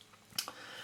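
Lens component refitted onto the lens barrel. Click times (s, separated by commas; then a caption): 0.4 s. A lens component of a Canon FD 50mm 1:1.8 lens is pressed back onto the lens barrel and seats with a sharp click at 0.4 s, followed by a softer tick just after. The part is clicked into place.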